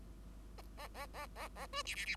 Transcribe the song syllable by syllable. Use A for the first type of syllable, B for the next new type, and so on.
A A A A A B C C C